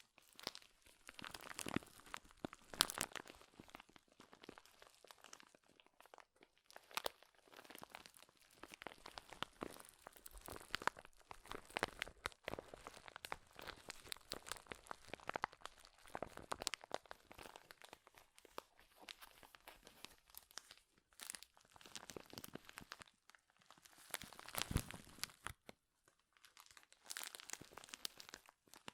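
Loud crinkling runs nearly the whole time, a dense, irregular stream of sharp, bright crackles with brief quieter gaps. Stronger bursts stand out around 3, 11, 21 and 25 seconds, some sounding like tearing or crunching, with no steady rhythm.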